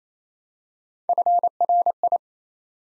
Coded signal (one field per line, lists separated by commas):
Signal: Morse code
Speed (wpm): 27 wpm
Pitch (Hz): 700 Hz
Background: none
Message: FRI